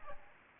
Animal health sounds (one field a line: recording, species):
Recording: mosquito wingbeat signal from an infrared sensor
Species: Aedes albopictus